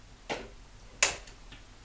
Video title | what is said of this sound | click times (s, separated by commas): รีวิวการใช้งาน วิธีพับเก็บ รถเข็นรุ่นกลาง ร้าน Nilyn baby Shop | ให้เข้าล็อคแล้ว | 1.0 s